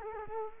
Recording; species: mosquito wingbeat signal from an infrared sensor; Culex quinquefasciatus